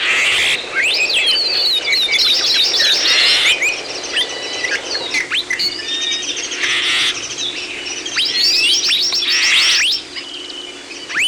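Busy bird chorus of sharp chirps and slurred whistles, with short bursts of rushing hiss breaking in at intervals.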